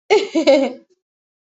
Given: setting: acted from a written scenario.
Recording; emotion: vocal sound without words; embarrassment